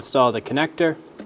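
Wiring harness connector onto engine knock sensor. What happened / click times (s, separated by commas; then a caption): Handling only, connector not yet clicked in / none. A wiring harness connector is being handled for installation onto the engine knock sensor of a 2003–2008 Honda Pilot while someone talks. Nothing has seated or clicked yet.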